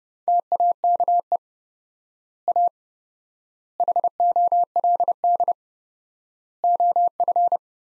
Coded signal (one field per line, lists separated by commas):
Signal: Morse code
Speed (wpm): 32 wpm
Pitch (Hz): 700 Hz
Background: none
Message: TAKE A HOLD OF